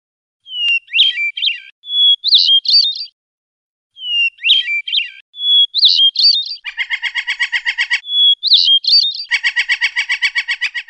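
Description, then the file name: Oriental magpie-robin song: sliding whistled phrases, twice switching into long harsh bursts of rapid regular pulses. Lure recording of rolling (ngerol) song, with 20-second pauses. "audio-pancingan-ngerol-kacer-materi-1-2-jeda-20-detik-omkicau"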